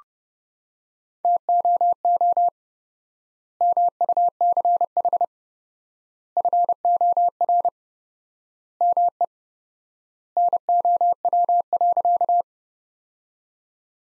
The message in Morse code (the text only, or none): TOO MUCH FOR ME NOW.